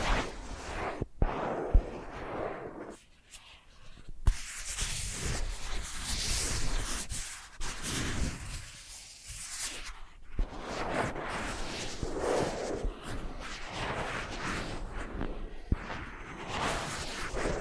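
A brush rubs against a face in repeated scratchy, hissing strokes that swell and fade every second or two. The texture is dense and bright, with short quiet gaps near 1, 3 and 10 seconds and a few sharp clicks or taps.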